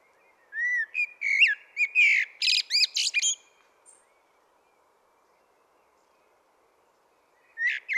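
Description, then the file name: Common blackbird song: soft whistled notes build into a fast, loud twittering flourish, then silence before the next phrase begins. "Turdus merula"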